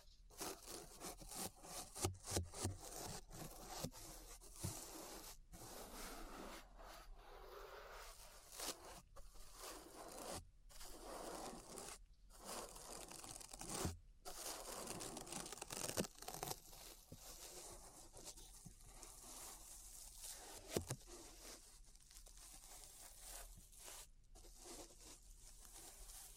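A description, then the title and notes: Ear brushing makes a dense, scratchy swishing that runs almost without pause, rough strokes rubbing and rasping like sawing or crinkling. Short silent breaks cut in every few seconds, around 5, 10, 12, 14 and 24 seconds, and the strokes vary a little in force. ASMR Relaxing 3Dio Ear Brushing (No Talking).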